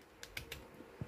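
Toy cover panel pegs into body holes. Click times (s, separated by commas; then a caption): 0.2 s, 0.4 s, 0.5 s. A plastic toy cover panel with two pegs is pressed into two matching holes on the toy's body, giving a quick series of sharp clicks at 0.2, 0.4 and 0.5 seconds. The pegs snap into the holes and the panel is clipped on.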